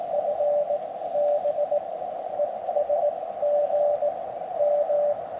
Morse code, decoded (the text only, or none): FB ES GM